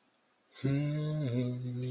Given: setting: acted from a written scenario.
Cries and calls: vocal sound without words; serenity

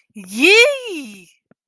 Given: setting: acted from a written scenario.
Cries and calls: vocal sound without words; ecstasy

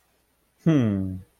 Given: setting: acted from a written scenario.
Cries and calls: vocal sound without words; adoration

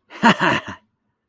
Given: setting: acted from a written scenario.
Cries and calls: vocal sound without words; elation

